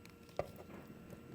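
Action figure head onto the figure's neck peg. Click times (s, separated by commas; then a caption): 0.4 s. A plastic action figure head is pushed back onto its neck peg and snaps on with a single sharp click at 0.4 s, which is followed by a short dull rattle. The head is seated.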